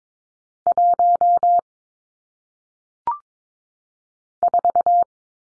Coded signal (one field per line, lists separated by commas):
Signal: Morse code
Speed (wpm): 22 wpm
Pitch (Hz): 700 Hz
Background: none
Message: 1 4